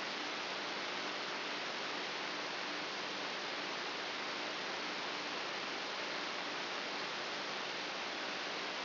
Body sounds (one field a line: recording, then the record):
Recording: brain microelectrode recording played as sound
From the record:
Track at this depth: inside the subthalamic nucleus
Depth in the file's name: 4.44 mm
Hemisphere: right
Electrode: 2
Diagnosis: Parkinson's disease